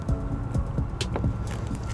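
On a 2012 Kia Soul trailer wiring installation, a plastic 4-flat trailer connector is pushed through its mounting bracket and rocked back and forth over low rumbling handling noise. Its grooves snap into place with a sharp click at 1.0 s, followed by smaller knocks, and the connector is seated in the bracket.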